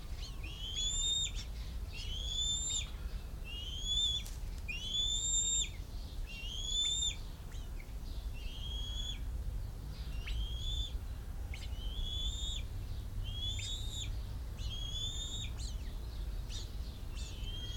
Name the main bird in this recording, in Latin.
Haliaeetus leucocephalus